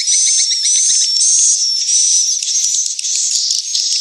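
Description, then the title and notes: Swiftlets twittering: rapid, crowded high chirps overlaid by a faint wavering whistle, unbroken throughout the four seconds. Swiftlet house sound of the AKAU brand, Tien Giang, Vietnam. "Am thanh nha yen Akau Vietnam - Tien giang. Những âm thanh chim yến thuộc thương hiệu AKAU"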